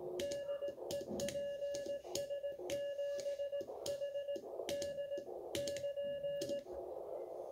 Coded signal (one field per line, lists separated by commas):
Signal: Morse code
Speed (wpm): 18 wpm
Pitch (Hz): 570 Hz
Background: none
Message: DE PS7HD <KN>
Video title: QSO QRP K1 5W PS7HD X PT7ON